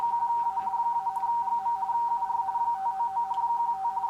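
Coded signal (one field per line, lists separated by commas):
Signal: RTTY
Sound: rapid warbling between two close tones, steady continuous teletype chatter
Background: radio static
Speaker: and you can see it decoding 5915 and 5915 is the report coming from the SP station that's working him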